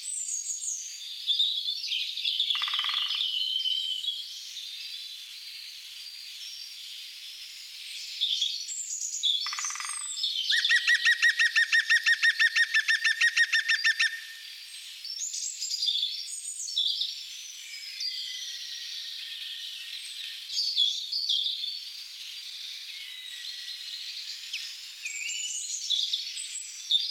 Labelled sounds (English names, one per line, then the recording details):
European Green Woodpecker song
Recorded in the wild
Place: Oberrotweil am Kaiserstuhl, Baden-Württemberg, DE
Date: 1983-04-10
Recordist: Schwarz, Dieter